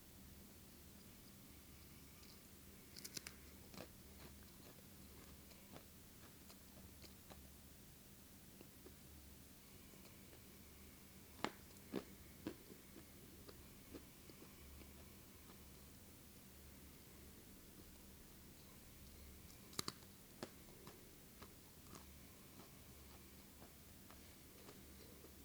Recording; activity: daily activity, guitar pickup as the sensor; eat